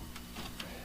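A 6/8-pin plastic PCIe power cable connector with a latch clip is pushed into the power socket of a graphics card. There is faint rustling and a softer tick near 0.2 s, then a short, sharp click at 0.6 s as the connector seats.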